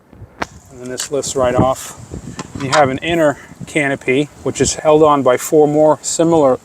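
A plastic rotating latch holding the removable canopy onto the hull of a Levhorzn HJ816 eXtreme Deep Vee RC boat is turned out of the way, giving a sharp snap at 0.4 s as it releases. Someone then talks as the canopy lifts off.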